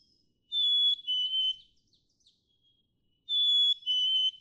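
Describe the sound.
Black-capped chickadee gives two clean whistled phrases, each a held high note then a lower one, roughly three seconds apart.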